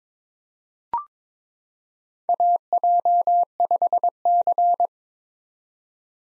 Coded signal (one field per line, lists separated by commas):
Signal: Morse code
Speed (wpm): 22 wpm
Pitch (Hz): 700 Hz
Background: none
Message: AJ5C